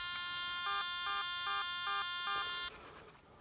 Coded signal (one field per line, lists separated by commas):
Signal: none